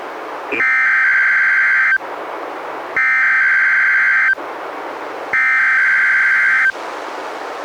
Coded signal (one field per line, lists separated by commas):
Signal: Emergency Alert System (SAME) tones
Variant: header bursts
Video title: EAS #201-202: 2 NWR Required Weekly Tests- Oct. 4-11, 2017